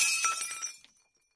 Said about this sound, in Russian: Последнее, что я услышал и осознал, — звук разбившейся чашки.